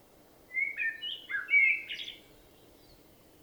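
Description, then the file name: Common blackbird delivering a rich warbling phrase of quick mellow whistles against quiet low background noise. "Turdus merula"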